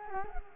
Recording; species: mosquito wingbeat signal from an infrared sensor; Culex quinquefasciatus